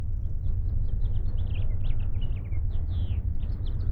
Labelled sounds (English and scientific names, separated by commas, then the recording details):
House Finch (Haemorhous mexicanus) song
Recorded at Oak Beach on Long Island, New York, on 21 May 1975
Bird A